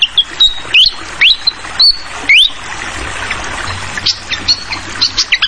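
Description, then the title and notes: Fantail song with several clear whistled notes and upward-sweeping slurs in the first half, then softer chips, all over continuous gurgling, pattering water. Tutoring recording (masteran) for training songbirds, featuring a clear-voiced fantail flycatcher mixed with the sound of trickling water. "Masteran Sikatan Kipas Suara Jernih Dan Suara Gemericik Air. Suara Burung Sikatan Londo"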